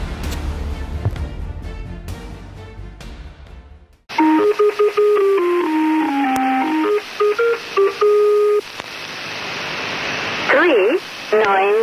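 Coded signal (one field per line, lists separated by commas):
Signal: numbers station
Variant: Lincolnshire Poacher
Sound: static, then a plinking electronic folk melody of held, stepping notes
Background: radio static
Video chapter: 02:17 - 04:00 The lincolnshire poacher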